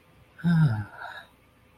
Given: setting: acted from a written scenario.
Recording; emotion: vocal sound without words; ecstasy